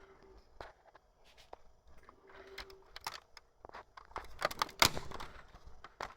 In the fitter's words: see and they snap into place so you can tell when it when it's um coupled correctly